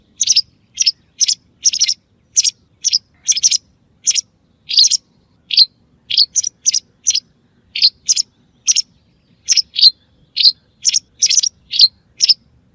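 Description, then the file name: White wagtail singing a twittering series of sharp, high chirps, some doubled, over an otherwise quiet background. "Motacilla alba"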